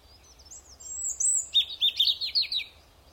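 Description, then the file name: European robin song: thin, sustained very high whistles, then a quicker twittering run of lower, rapidly repeated notes. "Erithacus rubecula"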